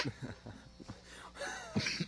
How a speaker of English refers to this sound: why are you coughing, man?